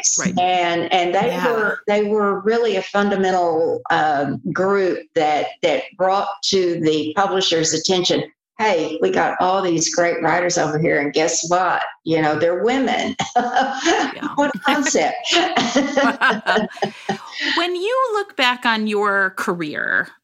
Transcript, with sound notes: They were really a fundamental group that brought to the publisher's attention, "Hey, we got all these great writers over here and guess what, you know, they're women!" (laughs)
When you look back on your career,